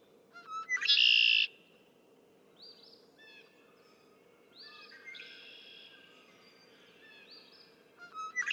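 Red-winged blackbird song: one loud buzzy trill after clicking notes, followed by several quieter songs over a low steady hum.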